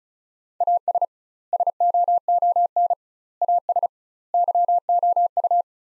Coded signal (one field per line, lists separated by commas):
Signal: Morse code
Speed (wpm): 34 wpm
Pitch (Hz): 700 Hz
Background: none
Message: AS SOON AS YOU